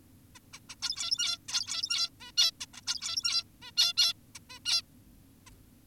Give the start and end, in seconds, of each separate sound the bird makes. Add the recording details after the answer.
0.35-0.39, 0.53-0.60, 0.70-0.75, 0.82-1.38, 1.49-2.10, 2.20-2.32, 2.38-2.51, 2.61-2.66, 2.74-2.81, 2.87-3.44, 3.62-3.72, 3.77-3.93, 3.98-4.13, 4.35-4.39, 4.50-4.59, 4.66-4.82, 5.47-5.50. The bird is an adult. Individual g17y2U